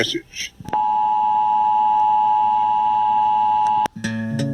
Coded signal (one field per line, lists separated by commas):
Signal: Emergency Alert System (SAME) tones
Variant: 853 and 960 Hz attention tone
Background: speech, music